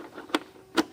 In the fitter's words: and get it clicked in place.